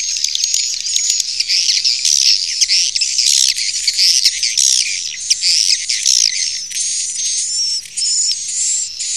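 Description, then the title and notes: Swiftlet chatter, busy high-pitched chirps and rattling clicks crowding together without pause, with brief thin whistles mixed in. Used in swiftlet farming in Asia. "Swiflet Bird Sound. Farming Swiflet Bird asia sound"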